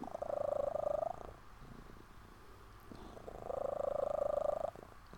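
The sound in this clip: Cat: kitten purr, two rhythmic buzzing phrases each lasting about a second, separated by a quieter pause.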